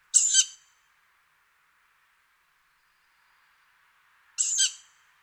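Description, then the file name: Tawny owl uttering two hoarse, breathy hisses roughly four seconds apart over faint steady background noise. "hulotte"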